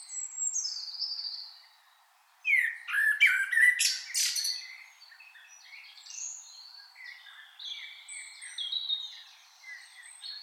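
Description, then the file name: Common blackbird calls: a few high notes, a pause, then a loud sharp chattering burst, followed by softer scattered twitters and whistles. "Turdus merula"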